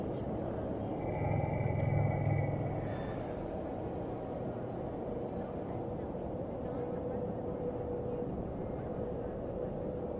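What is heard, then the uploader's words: A futuristic city ambience of dense, steady low rumble, like heavy traffic or machinery filling the air. Between about one and three seconds a louder humming tone swells and passes. Later a thin, steady whine sits above the drone as it continues. Futuristic city ambience.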